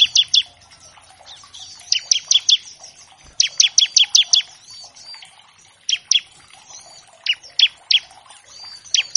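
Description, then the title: Bar-winged prinia sings rapid runs of piercing high chips, separated by pauses, over quieter background twitters. Energetic (gacor) bar-winged prinia in a master track used to tutor captive birds of all kinds; used as a lure to make untrained prinias start singing quickly. "Masteran Ciblek Gacor Vs Kenari Gacor Untuk Masteran Semua Jenis Burung. Pancingan Ciblek bahan agar cepat bunyi. Burung Ciblek"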